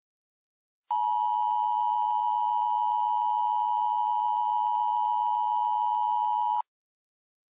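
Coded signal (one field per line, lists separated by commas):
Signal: Emergency Alert System (SAME) tones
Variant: 853 and 960 Hz attention tone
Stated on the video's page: Simulated mock alert, voiced recreation.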